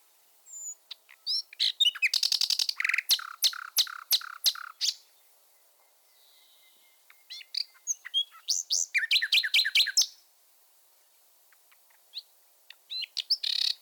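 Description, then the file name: Common nightingale singing varied phrases: a rapid buzzing trill, a series of loud low repeated notes, a quiet gap, then another fast rattling burst and scattered high notes. "fulemule"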